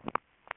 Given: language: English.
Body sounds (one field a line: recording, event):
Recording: throat vibration sensor signal played as sound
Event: swallow